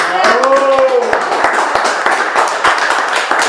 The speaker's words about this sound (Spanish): Un aplauso.